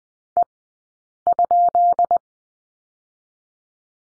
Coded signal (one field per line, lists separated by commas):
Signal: Morse code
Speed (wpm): 20 wpm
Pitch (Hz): 700 Hz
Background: none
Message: E?